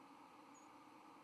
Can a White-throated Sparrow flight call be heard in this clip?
yes